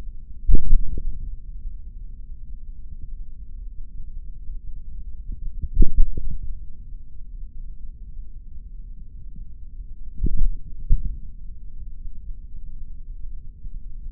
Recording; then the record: forearm muscle sounds (acoustic myography)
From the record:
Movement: tripod grip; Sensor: system 3, bracelet of six PUI Audio POM-2738L microphones around the upper forearm, with dedicated amplification and filtering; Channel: 6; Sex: male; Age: 26 years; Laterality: right